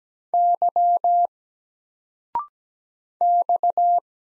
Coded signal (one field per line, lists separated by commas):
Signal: Morse code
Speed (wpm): 17 wpm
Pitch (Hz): 700 Hz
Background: none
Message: Y X